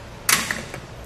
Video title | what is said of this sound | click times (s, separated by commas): Fit Check: Testing Swagman Current Bike Rack for 2 Electric Bikes on a 2019 Chevrolet Silverado 1500 | you just got to lift it back up and it'll snap into place for you, | 0.5 s